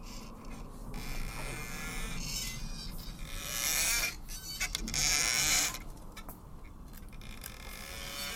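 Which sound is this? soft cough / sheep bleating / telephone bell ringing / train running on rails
sheep bleating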